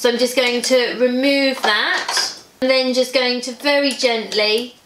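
A scoring tool is removed from the accessory clamp of a craft cutting machine, and a plastic pen is about to be gently pushed down into the clamp. Someone talks throughout. Nothing has seated or clicked yet.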